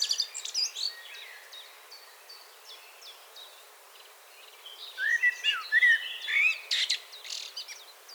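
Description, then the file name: Common blackbird delivering a rich whistled phrase with sliding notes and a squeaky finish in the second half, after a stretch of faint high ticking notes. "Turdus merula 181122"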